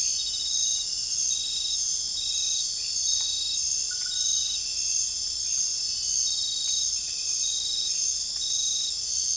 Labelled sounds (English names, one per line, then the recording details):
none
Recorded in dense forest near Puerto Asís, Putumayo, Colombia, on 21 December 2024 at 20:00
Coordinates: 0.484, -76.317
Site G026